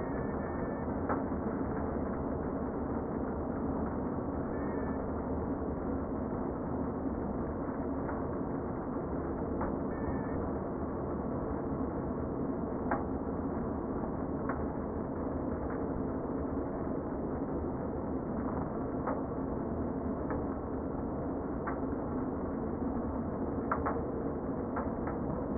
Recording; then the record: honeybee colony, microphone inside the hive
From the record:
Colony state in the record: queen present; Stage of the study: before two queens were removed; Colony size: about 60,000 bees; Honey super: yes